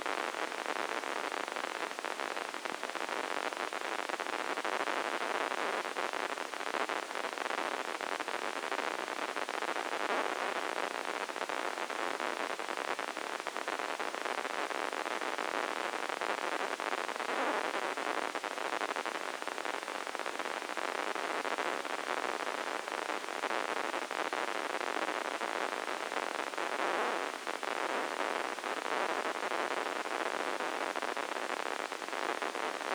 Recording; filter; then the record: brain microelectrode recording played as sound; spike band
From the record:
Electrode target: subthalamic nucleus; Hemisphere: left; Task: reaching with the right hand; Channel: 1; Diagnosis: Parkinson's disease